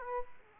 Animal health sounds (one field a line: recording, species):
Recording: mosquito wingbeat signal from an infrared sensor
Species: Aedes aegypti